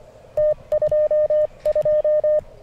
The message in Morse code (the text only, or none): T22